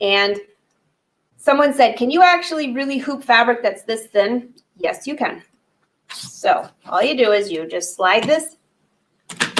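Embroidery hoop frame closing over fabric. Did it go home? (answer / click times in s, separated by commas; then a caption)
yes / 9.3 s, 9.6 s. Someone talks, then an embroidery hoop frame is slid over thin fabric and snaps shut into place. Two sharp clicks are heard at 9.3 s and 9.6 s as the hoop seats.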